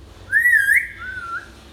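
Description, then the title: Hill myna producing a single clear whistled phrase that wavers up and down, then trails off into a softer, lower whistle. Actively singing hill myna, recording intended as a tutor for training other birds. "Suara Burung Beo Gacor Cocok Untuk Masteran"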